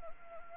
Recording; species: mosquito wingbeat signal from an infrared sensor; Anopheles gambiae